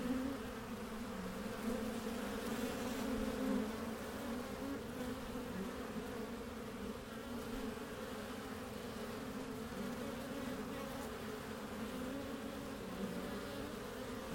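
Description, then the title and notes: Honey bees produce an unbroken, even drone throughout, a low hum of many bees with slight swells near the start. Backyard garden beehive entrance, recorded from the top on a warm spring day, Mission district, San Francisco, 2009; microphones placed in the hive and at its entrance. "Tree's Bees - Hive Entrance From Top (Excerpt). A warm spring day in the Mission district, San Francisco 2009, at the backyard garden beehive of Tree"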